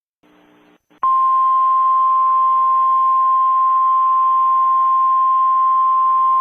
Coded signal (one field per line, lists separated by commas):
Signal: Emergency Alert System (SAME) tones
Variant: 1050 Hz attention tone